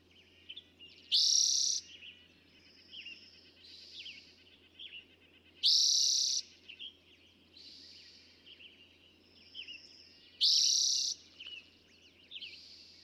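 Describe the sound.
Eastern towhee repeating its loud trilled song three times at steady intervals of about four to five seconds, with quiet twittering in between.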